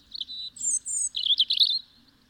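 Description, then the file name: European robin song: a short burst of high, sweet whistles and a quick jumbled trill, over a faint low hum. "Erithacus rubecula"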